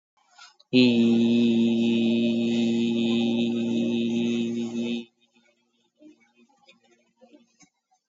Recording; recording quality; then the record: sustained vowel as in beet; excellent, no background noise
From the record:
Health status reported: COVID-19 positive, mild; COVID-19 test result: positive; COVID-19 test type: RT-PCR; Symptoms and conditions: cough, cold, sore throat, fatigue, muscle pain, loss of smell and taste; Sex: male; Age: 26 years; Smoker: no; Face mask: worn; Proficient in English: yes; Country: India